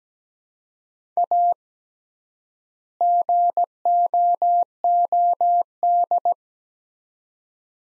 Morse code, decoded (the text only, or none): A GOOD